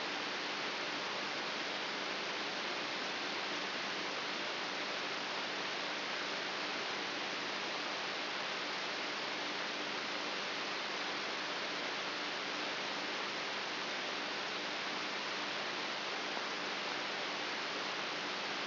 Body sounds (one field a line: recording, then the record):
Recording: brain microelectrode recording played as sound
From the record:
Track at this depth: inside the subthalamic nucleus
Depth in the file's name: 3.24 mm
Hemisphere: right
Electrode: 3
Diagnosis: Parkinson's disease